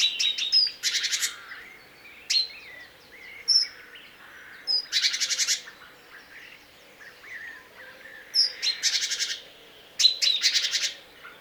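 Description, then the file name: Great tit giving harsh, rapid chattering bursts repeated every few seconds, with thin high notes and softer chips in between. "Parus major"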